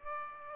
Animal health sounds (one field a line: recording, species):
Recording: mosquito wingbeat signal from an infrared sensor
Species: Aedes aegypti